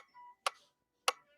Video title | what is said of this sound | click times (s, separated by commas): Experimenting with German made Sulky 40 Wt Embroidery thread on Mary's 1961 Viking Husqvarna 21E!! | to get that arm to snap into place | 1.1 s